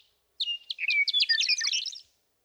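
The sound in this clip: Western meadowlark singing a single phrase of a few whistled opening notes that runs into a fast, dense, bubbling warble lasting about two seconds.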